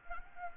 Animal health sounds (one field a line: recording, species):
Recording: mosquito wingbeat signal from an infrared sensor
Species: Anopheles gambiae